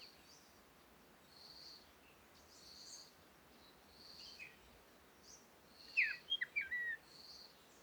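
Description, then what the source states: Birds calling: high buzzy notes repeat through the background, then a burst of loud, sharp down-slurred chirps near the end. Morning birds in calm conditions with wind, Komati, Africa.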